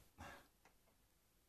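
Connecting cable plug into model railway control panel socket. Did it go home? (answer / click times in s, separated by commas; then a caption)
no / none. A plastic modular connector plug on a connecting cable is handled and pushed toward the socket of an NCE Power Cab model railway control panel. A soft broadband rustle is heard around 0.2–0.45 s, followed by a fainter tap near 0.65 s. Nothing has seated or clicked in yet.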